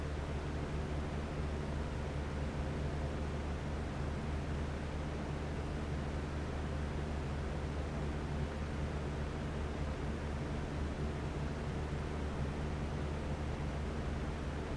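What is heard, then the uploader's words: A box fan whirs at a steady, unchanging level, a dense rushing hiss over a low, constant motor hum with no pauses. BOX FAN SOUNDS - WHITE NOISE. The gentle whir of a room fan.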